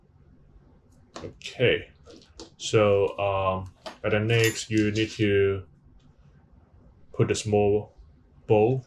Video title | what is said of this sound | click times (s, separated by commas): Dyson V10 V11 Motor issue Complete Disassemble deep clean simple | slowly pressure until you hear a click sound | 1.2 s